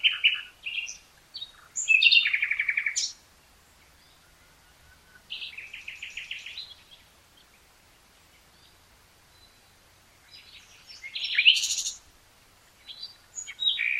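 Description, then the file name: Common nightingale song: phrases of fast repeated rattling notes and sharp whistles, delivered in bursts every few seconds with silent pauses between them. "Luscinia megarhynchos"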